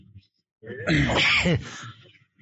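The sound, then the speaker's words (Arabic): A single loud sneeze, a sharp breathy intake building into a forceful burst, then a brief trailing exhale before quiet. “الحمد لله، يرحمكم الله، يهديكم الله ويحسن مآلكم.”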